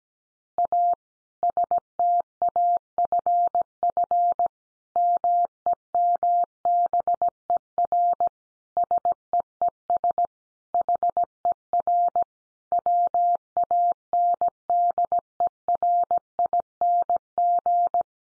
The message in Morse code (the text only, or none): A STAFF MEMBER SEES HER WANDERING